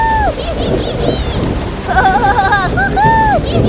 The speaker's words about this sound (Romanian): Barca pluti ore întregi până când a fost prinsă într-o furtună. Valurile erau mari și puternice, scuturau barca foarte tare, dar băieții râdeau și se bucurau de aventură.